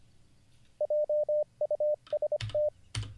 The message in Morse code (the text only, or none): JUST